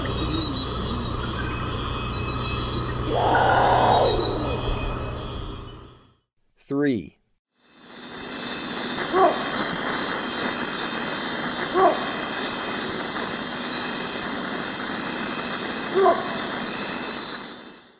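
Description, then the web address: Great potoo giving one hoarse moaning call early on, then a brief break and a few faint short notes over a constant drone. Recorded in the eastern lowlands of South America. "Natures Songs S America Eastern Lowlands. Great Potoo"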